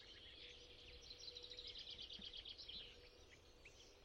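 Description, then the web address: Chaffinch song, a quick series of bright, high notes repeated rapidly in a run lasting about two seconds, over a faint steady hum. "Deverinetal 2025"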